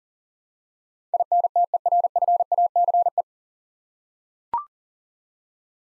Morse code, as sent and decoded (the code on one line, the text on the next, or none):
.. -. - . .-. ..-. .- -.-. .
INTERFACE